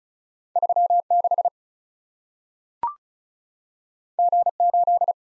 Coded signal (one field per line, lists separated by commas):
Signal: Morse code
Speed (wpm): 36 wpm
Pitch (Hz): 700 Hz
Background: none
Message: 3 6 G 8